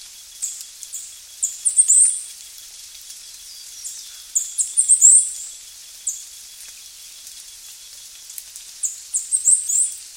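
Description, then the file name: Bird calls, very high-pitched chirps and short squeaky notes in clusters every few seconds, over a steady background hiss. "SABIOD 50 bird 2015"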